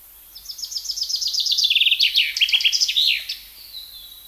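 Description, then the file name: Common chaffinch song: a rattling series of high notes dropping stepwise and ending in a flourish, lasting around three seconds. "Fringilla coelebs"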